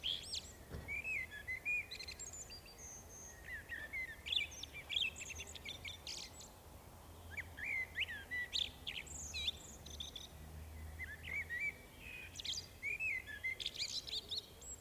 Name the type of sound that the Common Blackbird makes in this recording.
song